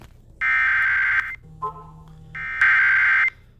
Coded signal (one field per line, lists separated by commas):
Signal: Emergency Alert System (SAME) tones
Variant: header bursts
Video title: Eas Frw On Wjon Eas#612